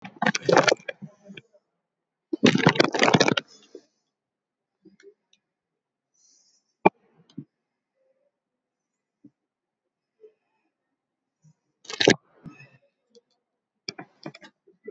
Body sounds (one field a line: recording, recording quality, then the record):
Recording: deep breathing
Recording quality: poor, much background noise or distortion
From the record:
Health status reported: COVID-19 positive, mild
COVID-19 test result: positive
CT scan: not taken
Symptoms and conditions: cold, fever, muscle pain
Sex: female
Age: 19 years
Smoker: no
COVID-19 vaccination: one dose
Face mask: not worn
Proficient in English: yes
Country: India